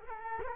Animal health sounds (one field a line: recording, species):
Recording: mosquito wingbeat signal from an infrared sensor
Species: Culex quinquefasciatus